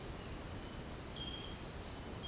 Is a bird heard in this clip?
no